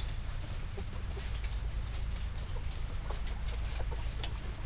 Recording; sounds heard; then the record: poultry house recording; healthy chickens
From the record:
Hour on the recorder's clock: 19